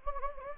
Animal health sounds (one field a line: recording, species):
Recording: mosquito wingbeat signal from an infrared sensor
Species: Anopheles gambiae